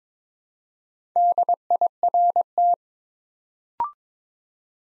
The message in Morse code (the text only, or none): DIRT